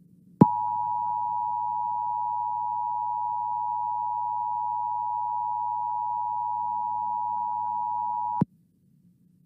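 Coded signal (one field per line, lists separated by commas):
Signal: Emergency Alert System (SAME) tones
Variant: 853 and 960 Hz attention tone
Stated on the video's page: 2021 nationwide EAS National Periodic Test, captured from broadcasts of several nearby radio and television stations.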